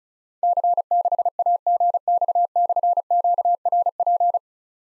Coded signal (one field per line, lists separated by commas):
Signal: Morse code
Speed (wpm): 36 wpm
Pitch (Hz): 700 Hz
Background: none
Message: C6AGX/QRP